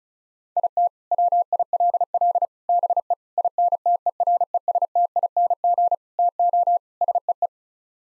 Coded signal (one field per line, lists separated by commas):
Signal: Morse code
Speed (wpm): 34 wpm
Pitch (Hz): 700 Hz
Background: none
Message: IT WILL BE INTERESTING TO SEE